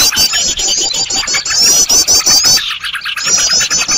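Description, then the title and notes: Birds calling in a shrill, rapid chatter with ticking clicks throughout; the din thins briefly partway through before resuming. Noisy bird sounds made as a lure (pikat) recording for attracting birds. "Burung Ribut Pikat"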